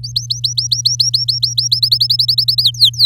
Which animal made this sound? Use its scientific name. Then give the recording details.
Serinus canaria. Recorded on 10 May 2018 at 15:48. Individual llb16